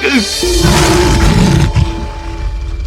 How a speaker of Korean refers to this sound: 사자는 누군가 자신의 식사를 방해하자 잔뜩 화가 났고 아론을 보자마자 으르렁대기 시작했어요.